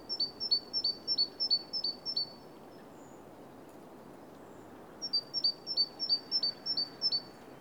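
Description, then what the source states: Bird calling in two rapid bursts of high, thin paired notes, sharp and slightly falling, about three per second, separated by a pause of roughly two and a half seconds, with steady background hiss. Recorded in Oostduinen.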